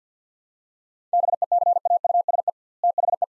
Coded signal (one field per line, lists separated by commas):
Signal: Morse code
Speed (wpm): 50 wpm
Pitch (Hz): 700 Hz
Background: none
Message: BECAUSE THE